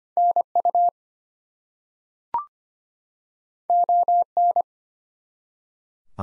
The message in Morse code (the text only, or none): NU ON